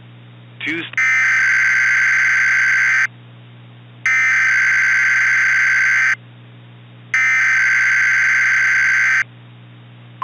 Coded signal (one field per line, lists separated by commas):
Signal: Emergency Alert System (SAME) tones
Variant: header bursts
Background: speech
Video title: "WASHINGTON'S WALLOPING" [TORNADO EAS SCENARIO]